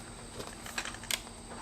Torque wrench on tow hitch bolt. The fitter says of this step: that's the click it's all it is we're